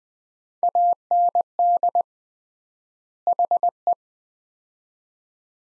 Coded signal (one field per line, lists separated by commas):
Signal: Morse code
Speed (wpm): 20 wpm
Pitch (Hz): 700 Hz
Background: none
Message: AND HE